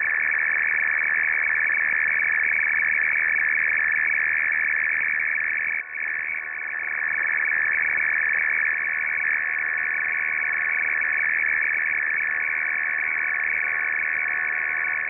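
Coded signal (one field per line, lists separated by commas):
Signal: RTTY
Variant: F01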